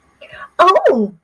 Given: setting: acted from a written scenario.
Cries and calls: vocal sound without words; ecstasy

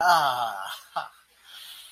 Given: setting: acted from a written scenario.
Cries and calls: vocal sound without words; pride

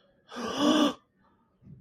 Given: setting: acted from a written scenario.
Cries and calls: vocal sound without words; distress

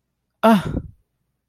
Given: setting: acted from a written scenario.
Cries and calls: vocal sound without words; contempt

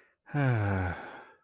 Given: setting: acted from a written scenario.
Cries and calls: vocal sound without words; serenity

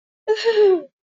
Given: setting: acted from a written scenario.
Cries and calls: vocal sound without words; desire

